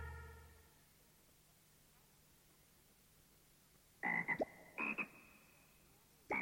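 A frog gives a few loud, buzzy croaks: a pulsing cluster, a second short croak a moment later, and another starting at the very end, after a mostly quiet stretch.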